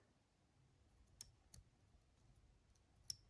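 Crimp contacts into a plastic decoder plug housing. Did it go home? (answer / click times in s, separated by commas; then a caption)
yes / 1.2 s, 1.5 s, 3.1 s. Crimped metal contacts for a self-made decoder plug are pushed one after another into a plastic connector housing. Three short, sharp clicks sound at 1.2, 1.5 and 3.1 seconds over a quiet background, the last one the loudest. The contacts seat firmly in the housing.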